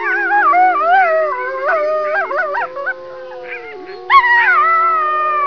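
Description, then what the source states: Several coyotes in a chorus of wobbling howls and short yips, fading midway, then a sharp rising howl bursts in again above a constant low drone. Chorus howling by several coyotes.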